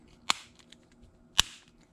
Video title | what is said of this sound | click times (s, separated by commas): How to Replace Install Key fob Battery EASY : Key Fob not recognized ANY make and Model | and you hear a click and that's it | 0.3 s, 1.4 s